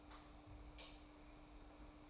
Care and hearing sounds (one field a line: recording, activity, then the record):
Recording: daily activity, microphone in the room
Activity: light off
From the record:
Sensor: 1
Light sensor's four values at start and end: 26/66/27/29 and 22/51/22/24